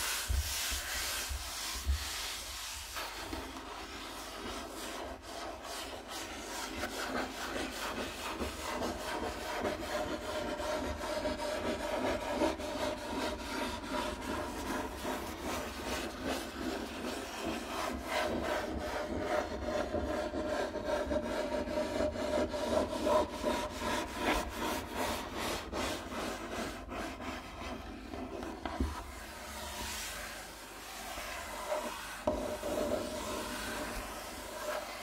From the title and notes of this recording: ASMR Rubbing & Scratching on a Wooden Table Changing Patterns (NO TALKING).